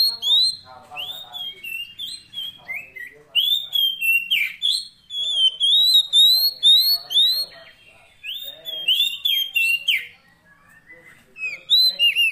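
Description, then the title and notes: Oriental magpie-robin delivering varied whistled phrases and slurs in lively bursts, with short pauses. Magpie-robin 'isian' fill-in song, used to make a kept bird sing actively day and night. "Kacer Jadi Gacor Siang Malam. Isian Kacer"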